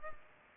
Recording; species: mosquito wingbeat signal from an infrared sensor; Culex pipiens